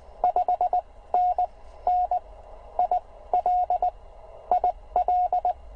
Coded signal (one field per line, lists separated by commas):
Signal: Morse code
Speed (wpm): 17 wpm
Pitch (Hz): 690 Hz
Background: none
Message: 5NN IL IL